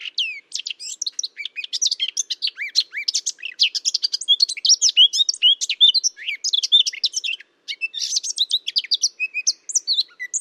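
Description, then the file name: Eurasian blackcap in steady song: a dense, rapid stream of scratchy and slurred notes, one brief pause about three-quarters of the way through, otherwise nonstop. "Sylvia atricapilla"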